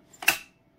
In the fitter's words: and you're going to push it down until it clicks into place